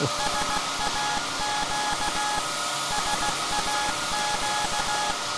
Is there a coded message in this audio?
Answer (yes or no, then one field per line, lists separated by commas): yes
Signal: Morse code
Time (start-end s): 0.2-5.1 s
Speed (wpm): 16 wpm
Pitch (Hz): 840 Hz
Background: none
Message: SAQ SAQ